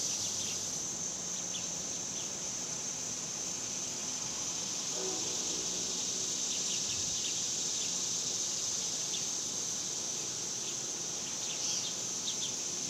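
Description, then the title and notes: Cicadas droning in a steady, unbroken high-pitched buzz throughout, with faint low hum underneath and a few brief soft chirps. Several cicadas recorded outdoors in summer in a suburban area. "Ext Summer Cicadas, Suburbs by Bandeto"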